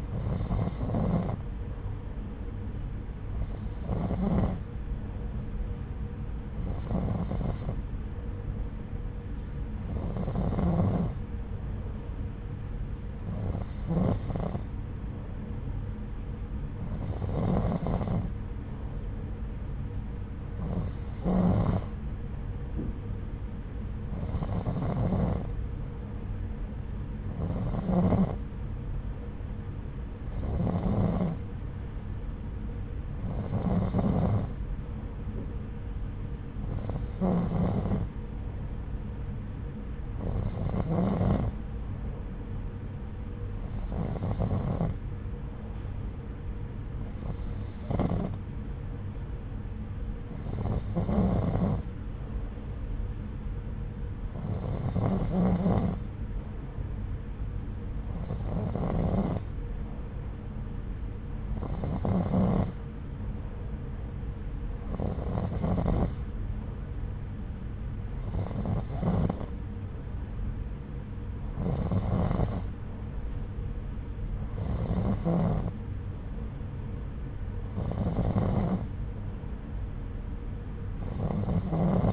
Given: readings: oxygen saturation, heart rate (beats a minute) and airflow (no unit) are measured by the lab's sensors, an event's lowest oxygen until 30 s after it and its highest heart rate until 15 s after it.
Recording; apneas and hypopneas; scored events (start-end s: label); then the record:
breathing in sleep by a smartphone at the bedside; none
none scored
From the record:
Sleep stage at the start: N2 (light sleep); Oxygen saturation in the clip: 90 to 92%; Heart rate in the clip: 68 to 77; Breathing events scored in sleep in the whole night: 303 in 8.1 hours asleep